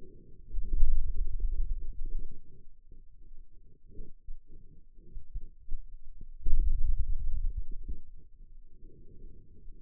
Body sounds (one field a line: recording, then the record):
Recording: forearm muscle sounds (acoustic myography)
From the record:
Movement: hand opening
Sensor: system 2, bracelet of six BSWA MPA416 microphones around the upper forearm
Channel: 4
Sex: male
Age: 22 years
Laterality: right